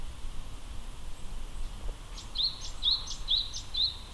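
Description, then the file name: Japanese tit song, four quick upslurred whistled notes evenly spaced in the second half, against a low continuous rumble. Recorded at Akasaka on 2 March 2022. "sijuukara 20220302 akasaka"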